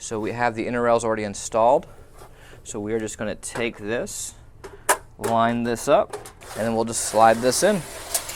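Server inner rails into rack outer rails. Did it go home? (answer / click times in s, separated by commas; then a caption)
no / none. A Dell PowerEdge R230 server with its inner rails already installed is lined up to be slid into the outer static rails of a rack, while someone talks throughout. Brief handling knocks are heard at about 4.6 s and 8.2 s. The server has not yet clicked or latched into the rails by the end of the clip.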